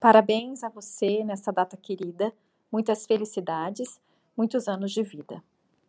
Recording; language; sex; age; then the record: short text; Brazilian Portuguese; female; 40 to 49 years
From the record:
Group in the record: control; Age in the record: 47 years